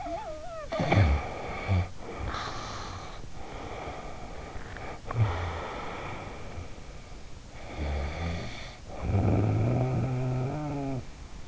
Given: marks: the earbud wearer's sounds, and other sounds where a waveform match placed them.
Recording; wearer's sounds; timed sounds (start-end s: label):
sounds in sleep by an in-ear microphone; snoring breath
0.00-3.31 s: snoring breath
3.44-7.40 s: snoring breath
7.63-11.48 s: snoring breath